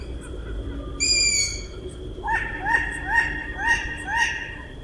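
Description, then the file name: Long-eared owl: one shrill squeal, then a quick series of short, rising, lower-pitched notes repeated about twice a second over a faint steady whine. Calls of chicks and an adult female at the nest. "Ushastaya sova - Krik ptencov i samki u gnezda"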